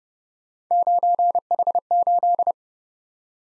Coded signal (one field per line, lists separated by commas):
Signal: Morse code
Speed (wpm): 30 wpm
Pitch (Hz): 700 Hz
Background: none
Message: 9H8